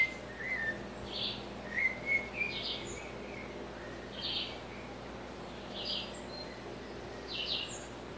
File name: Canto do sabia cica